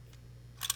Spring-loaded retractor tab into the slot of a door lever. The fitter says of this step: your thumb and you hear it click and that clicking is that spring-loaded tab going